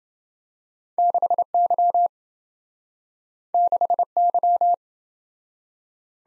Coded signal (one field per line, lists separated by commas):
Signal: Morse code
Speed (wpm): 28 wpm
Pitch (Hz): 700 Hz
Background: none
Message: 6Y 6Y